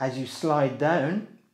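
A camera quick-release base plate is being slid down into a belt clip receiver while someone talks. Nothing has seated or clicked into place yet.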